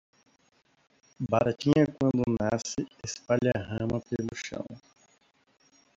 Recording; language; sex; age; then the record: short text; Brazilian Portuguese; male; 20 to 29 years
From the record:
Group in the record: control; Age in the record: 22 years